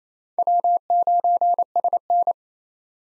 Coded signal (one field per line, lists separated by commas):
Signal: Morse code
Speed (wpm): 28 wpm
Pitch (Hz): 700 Hz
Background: none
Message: W9SN